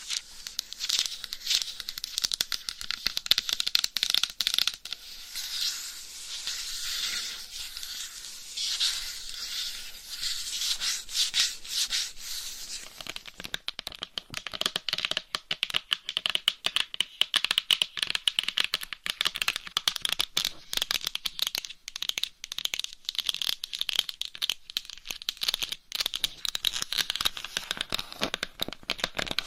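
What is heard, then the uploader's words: Scratching and tapping on a binaural mic, a dense, bright crackle of rubbing that swells and fades through the first half. After about thirteen seconds it turns sharper and more clicky, with rapid taps and scrapes crowding together until the end. Binaural Mic Scratching & Tapping That Changes Every 30 Seconds.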